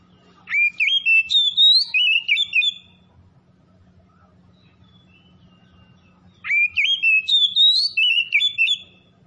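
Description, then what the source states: Oriental magpie-robin delivering two rich phrases of sweet, warbling whistles about four seconds apart, a soft low drone continuing through the silence between. Called by the Indonesian name kacer; described as gacor, singing persistently, in full song; Tretes named alongside.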